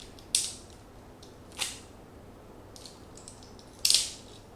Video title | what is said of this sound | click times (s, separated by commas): shelldobaggins building as many sets as i can 5th day 5th stream yay! | Ooh, nice little satisfying clicky sounds. | 0.4 s, 3.9 s